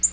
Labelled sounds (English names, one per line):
Black-throated Green Warbler flight call